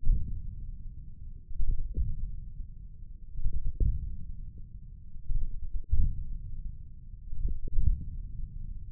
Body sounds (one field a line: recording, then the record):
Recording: forearm muscle sounds (acoustic myography)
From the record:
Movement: wrist extension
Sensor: system 1, eight BSWA MPA416 microphones around the upper forearm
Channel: 1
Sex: male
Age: 28 years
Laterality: right